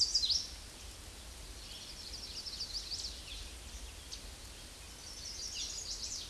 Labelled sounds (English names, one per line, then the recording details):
Chestnut-sided Warbler song
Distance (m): 15 m
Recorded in a Pennsylvania forest on 18 May 2023 at 08:56
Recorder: AudioMoth, point grid1_17_low
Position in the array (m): 182 m, 138 m